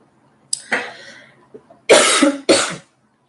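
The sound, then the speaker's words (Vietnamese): A person with a slight cough coughs in four harsh bursts: two rough, trailing coughs, a short pause, then two louder, sharper coughs close together. There is no talking. “Mọi người thông cảm nhé, em mình như cũng hơi bị ho ấy, nên là hôm nay giọng không được tốt, mà chắc là bị ngắt quãng.”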